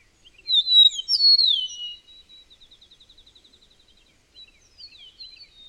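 Bird song: a loud phrase of slurred whistles, then a soft rapid trill that fades, followed by a gentler run of short whistles.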